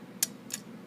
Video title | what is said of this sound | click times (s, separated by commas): How To Oil Trumpet Valves | you're going to turn it clockwise again you'll hear the click as it locks back into place | 0.2 s